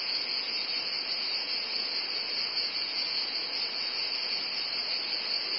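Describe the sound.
Steady high-pitched cicada buzzing, smooth and continuous, with no pauses or other sounds.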